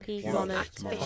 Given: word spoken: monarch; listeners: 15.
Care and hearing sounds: one English word in noise, from a listening test; four-talker babble; -1.7 dB; 0 of 15; 15 of 15; 0.66 s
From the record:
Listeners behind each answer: 15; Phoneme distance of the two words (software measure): 44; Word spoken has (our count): 2 syllables, 5 phonemes, stress on syllable 1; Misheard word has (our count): 1 syllable, 3 phonemes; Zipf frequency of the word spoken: 3.85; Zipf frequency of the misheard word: 4.74

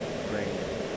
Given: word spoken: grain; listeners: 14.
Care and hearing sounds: one English word in noise, from a listening test; speech-shaped noise; -4.0 dB; 2 of 14; 6 of 14; 0.57 s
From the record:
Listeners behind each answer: 6, 3, 2, 1, 1, 1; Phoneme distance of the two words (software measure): 7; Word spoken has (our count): 1 syllable, 4 phonemes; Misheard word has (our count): 1 syllable, 3 phonemes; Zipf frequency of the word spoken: 3.97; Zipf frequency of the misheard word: 5.08

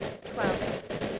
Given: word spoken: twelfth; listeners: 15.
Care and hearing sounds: one English word in noise, from a listening test; noise modulated by three-talker babble; -6.5 dB; 4 of 15; 10 of 15; 0.79 s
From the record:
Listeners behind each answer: 10, 4, 1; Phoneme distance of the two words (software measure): 17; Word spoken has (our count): 1 syllable, 6 phonemes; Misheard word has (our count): 1 syllable, 5 phonemes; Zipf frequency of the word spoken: 3.20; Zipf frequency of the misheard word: 3.66

